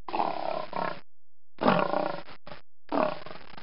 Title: LIONESS